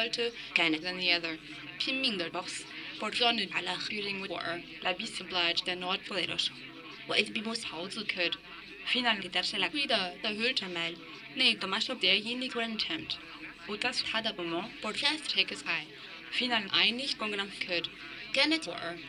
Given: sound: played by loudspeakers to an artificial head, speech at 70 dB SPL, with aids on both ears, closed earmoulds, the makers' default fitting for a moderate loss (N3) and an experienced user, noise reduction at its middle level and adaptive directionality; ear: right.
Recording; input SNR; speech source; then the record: speech test signal (ISTS) in cocktail-party noise; +9 dB; on the right (90 degrees)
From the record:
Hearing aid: class 2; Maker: D